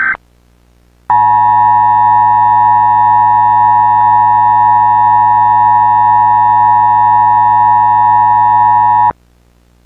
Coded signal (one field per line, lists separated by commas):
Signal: Emergency Alert System (SAME) tones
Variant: 853 and 960 Hz attention tone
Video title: Blast Furnace - EAS Scenario (ft. Extraordinary Studios)